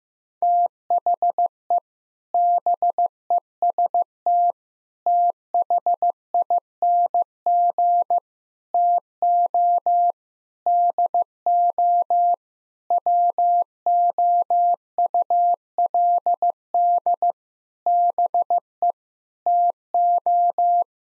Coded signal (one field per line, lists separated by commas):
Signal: Morse code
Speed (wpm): 15 wpm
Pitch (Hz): 700 Hz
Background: none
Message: THE BEST THING TO DO WOULD BE TO